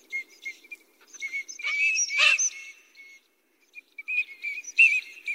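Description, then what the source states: Eurasian teal whistling in brief repeated high piping notes, with a louder rough call in the middle and a short pause. Eurasian teal recorded at a pond in Kagawa Prefecture, Japan.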